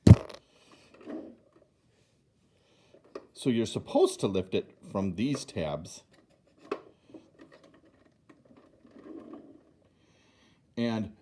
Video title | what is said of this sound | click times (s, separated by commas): 1988 Cobra BUGG | and it clicks back in. | 0.1 s